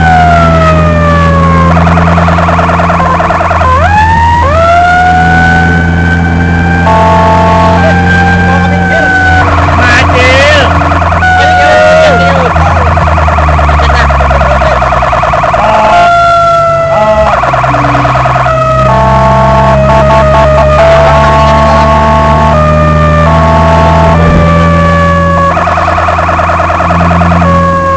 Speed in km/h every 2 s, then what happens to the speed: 72, 72, 71, 74, 75, 72, 64, 46, 46, 46, 53, 58, 62, 62.
0-11 steady at about 72. 11-14 brakes to 46. 18-23 speeds up to 62.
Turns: none.